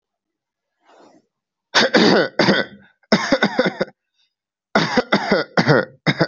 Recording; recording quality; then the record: heavy voluntary cough; excellent, no background noise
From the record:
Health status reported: healthy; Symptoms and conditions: none ticked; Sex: male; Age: 27 years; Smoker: not ticked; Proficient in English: yes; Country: India